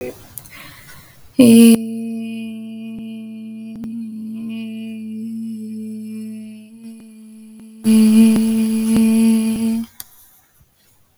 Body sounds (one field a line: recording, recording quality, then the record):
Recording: sustained vowel as in made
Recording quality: excellent, no background noise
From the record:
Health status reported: healthy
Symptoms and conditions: breathing difficulty, sore throat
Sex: female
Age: 21 years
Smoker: no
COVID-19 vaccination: both doses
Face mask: not worn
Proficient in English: yes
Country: India